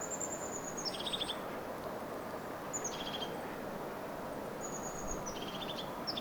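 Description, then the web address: Crested tit calls: very thin high notes each followed by a buzzy, purring trill, phrases about two seconds apart, over a steady low rumble. Vocalising; recorded 12 October 2024 in Finland. "paivat 12 10 2024 tuollaista toyhtotiaisen aantelya"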